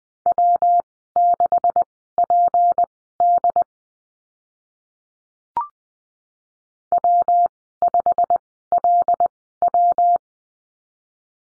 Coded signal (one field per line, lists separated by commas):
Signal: Morse code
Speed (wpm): 20 wpm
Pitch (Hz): 700 Hz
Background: none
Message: W6PD W5LW